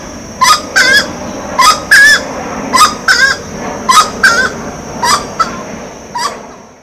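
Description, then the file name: Grey-cowled wood rail honking calls in pairs, loud and raucous, fading to single notes near the end. Ibirapuera, São Paulo, Brazil, 6 December 2012. "Aramides-cajanea-Ibirapuera-SP-BR-6-12-12-ASilveira"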